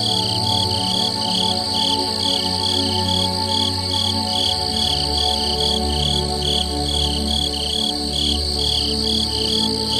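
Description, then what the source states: Crickets giving high repeated chirps, blended with slow ambient music and a deep sustained hum. Ambient nature sounds.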